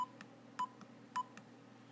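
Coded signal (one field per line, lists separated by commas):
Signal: beep code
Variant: homemade recliner controller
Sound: three short mid-pitched beeps, each followed by a soft click, evenly spaced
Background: low hum, clicks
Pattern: 3 short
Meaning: Function three is selected and waiting for activation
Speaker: so we'll do it again uh three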